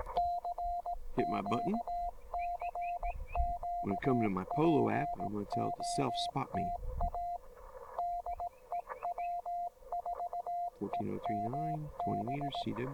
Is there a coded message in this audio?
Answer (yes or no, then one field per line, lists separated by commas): yes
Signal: Morse code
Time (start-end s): 0.2-12.6 s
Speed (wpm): 18 wpm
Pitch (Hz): 700 Hz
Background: speech, radio noise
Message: CQ CQ POTA DE W4EMB